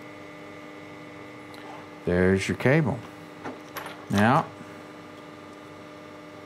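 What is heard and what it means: An XLR connector insert is handled as it is pushed up into the body of a DIY studio microphone while someone talks over a steady low hum, with a few faint handling sounds between the words. Nothing has seated or clicked yet.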